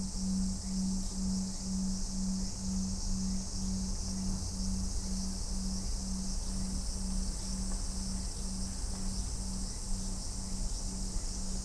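A field recording from Kyoto, Japan, filled with a steady, bright insect drone that holds without a break for the whole twelve seconds. Beneath it, a low hum pulses in an even rhythm about three times a second, over a faint rumble.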